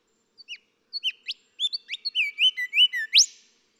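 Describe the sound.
Golden whistler song: scattered whistled notes quicken into a run of whistled notes and finish with a loud upswept whipcrack.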